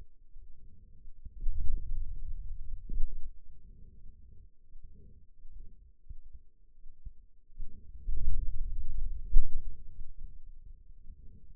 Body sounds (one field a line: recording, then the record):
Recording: forearm muscle sounds (acoustic myography)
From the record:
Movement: hand opening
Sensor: system 2, bracelet of six BSWA MPA416 microphones around the upper forearm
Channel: 1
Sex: male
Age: 22 years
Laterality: right